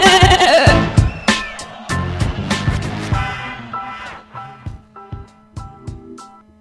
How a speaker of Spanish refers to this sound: Oveja que Bala